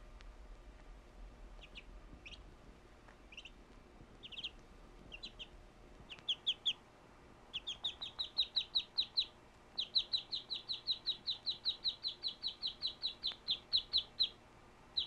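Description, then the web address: Duck peeping calls: sparse, soft high peeps at first, building into a fast, even run of downslurred notes that continues to the end. "утки"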